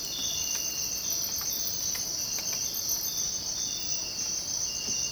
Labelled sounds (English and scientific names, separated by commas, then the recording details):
none
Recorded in dense forest near Puerto Asís, Putumayo, Colombia, on 24 March 2025 at 05:30
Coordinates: 0.481, -76.323
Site G088